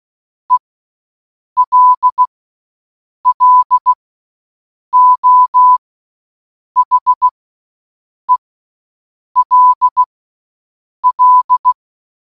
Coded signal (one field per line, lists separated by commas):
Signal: Morse code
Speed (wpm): 16 wpm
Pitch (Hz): 1000 Hz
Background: none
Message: ELLO HELL